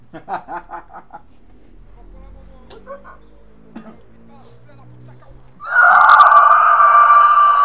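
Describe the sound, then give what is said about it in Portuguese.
Short bursts of laughter and some talk, then a loud, sustained, eerie inhuman shriek, shrill and squealing like a pig, that holds steady without a break until the end. “Um som parecido com isso, tipo um Nazgûl gritando, né?”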